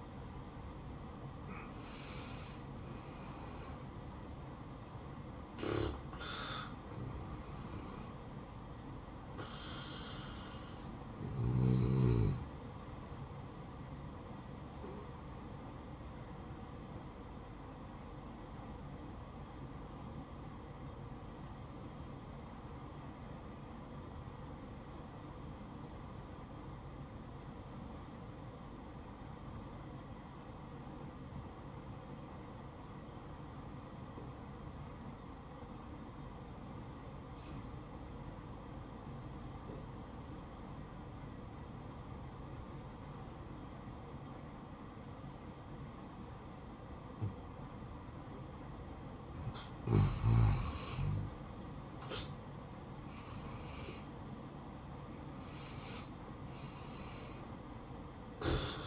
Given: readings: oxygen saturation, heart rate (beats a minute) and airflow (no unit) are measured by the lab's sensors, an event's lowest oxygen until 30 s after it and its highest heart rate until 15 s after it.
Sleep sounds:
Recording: breathing in sleep by a smartphone at the bedside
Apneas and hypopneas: 1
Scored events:
19.00-51.20 s: obstructive apnea (N1, oxygen 97% highest, then 87% lowest, heart rate 59 at the start, 75 highest)
From the record:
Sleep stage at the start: N1 (lightest sleep)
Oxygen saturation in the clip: 85 to 97%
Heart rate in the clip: 56 to 78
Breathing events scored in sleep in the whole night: 573 in 9.8 hours asleep

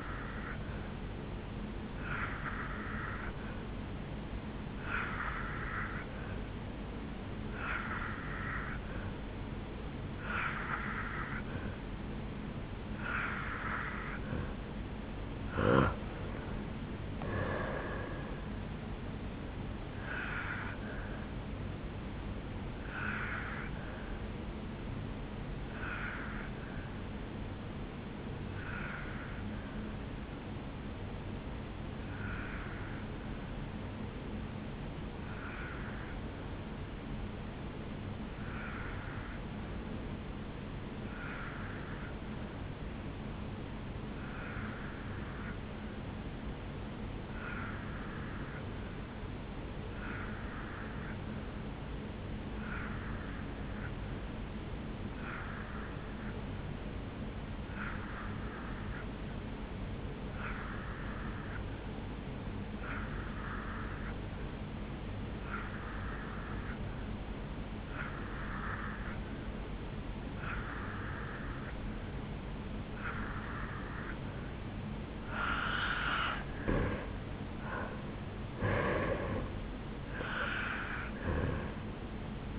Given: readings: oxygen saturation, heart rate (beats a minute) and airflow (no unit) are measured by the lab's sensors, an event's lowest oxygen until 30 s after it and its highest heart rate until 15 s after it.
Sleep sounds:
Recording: breathing in sleep by a voice recorder at the bedside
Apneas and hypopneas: 2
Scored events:
3.00-17.60 s: hypopnea (N2, oxygen 86% highest, then 86% lowest, heart rate 75 at the start, 78 highest)
13.00-43.00 s: new sleep stage, N1 (lightest sleep)
29.00-77.20 s: hypopnea (N1, oxygen 96% highest, then 84% lowest, heart rate 63 at the start, 77 highest)
43.00-82.59 s: new sleep stage, N2 (light sleep)
From the record:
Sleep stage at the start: N2 (light sleep)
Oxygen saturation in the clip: 84 to 96%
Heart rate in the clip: 61 to 78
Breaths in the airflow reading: 20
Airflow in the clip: -11.1 to 6.4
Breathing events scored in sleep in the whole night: 449 in 7.0 hours asleep

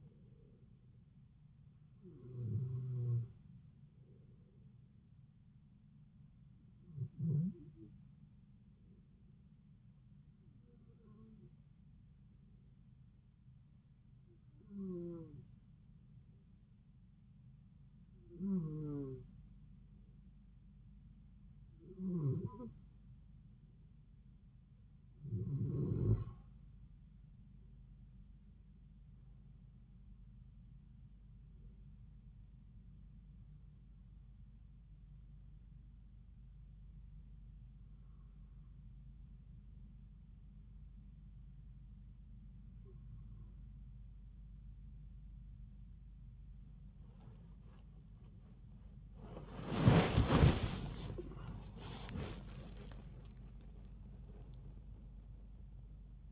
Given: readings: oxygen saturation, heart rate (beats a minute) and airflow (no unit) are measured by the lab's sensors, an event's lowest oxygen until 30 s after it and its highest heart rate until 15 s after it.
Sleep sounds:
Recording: breathing in sleep by a smartphone at the bedside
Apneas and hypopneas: 1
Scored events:
7.00-32.20 s: hypopnea (N2, oxygen 94% highest, then 90% lowest)
From the record:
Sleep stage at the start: N2 (light sleep)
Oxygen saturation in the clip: 90 to 95%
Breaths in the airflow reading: 13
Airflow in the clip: -5.8 to 9.8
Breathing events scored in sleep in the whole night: 270 in 6.1 hours asleep

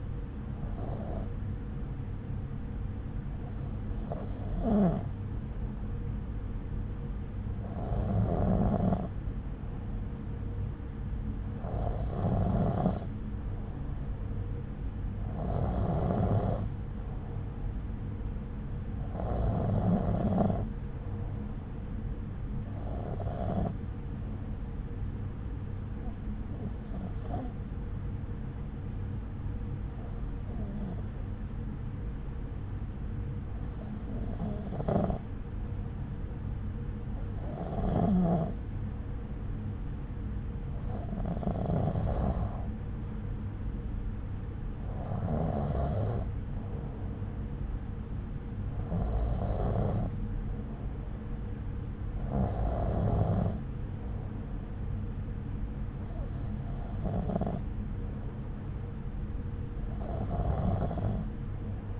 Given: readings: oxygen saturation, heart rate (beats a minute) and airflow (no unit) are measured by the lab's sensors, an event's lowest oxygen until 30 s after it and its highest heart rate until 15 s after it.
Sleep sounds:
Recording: breathing in sleep by a smartphone at the bedside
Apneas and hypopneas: none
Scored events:
none scored
From the record:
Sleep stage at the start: N2 (light sleep)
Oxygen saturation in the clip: 93 to 94%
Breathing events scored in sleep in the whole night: 303 in 8.1 hours asleep

